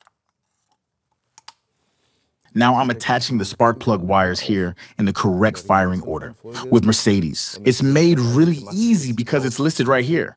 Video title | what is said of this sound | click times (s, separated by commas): Mercedes R129 R107 M103 300SL - Ignition Problems | The connector should also click into place audibly. | 1.4 s, 1.5 s